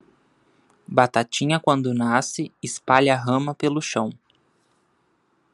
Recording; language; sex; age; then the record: short text; Brazilian Portuguese; male; 20 to 29 years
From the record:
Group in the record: control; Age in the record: 28 years